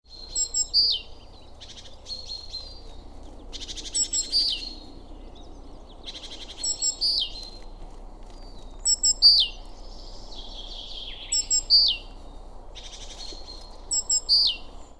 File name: Parus major